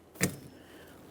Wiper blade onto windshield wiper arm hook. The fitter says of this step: listen for a click we're going to give this a little tug to ensure it's properly locked in